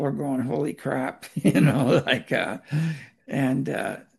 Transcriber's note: laughs